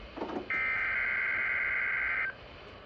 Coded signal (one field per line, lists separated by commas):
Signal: Emergency Alert System (SAME) tones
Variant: header bursts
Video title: Severe Thunderstorm Watch (EAS #26)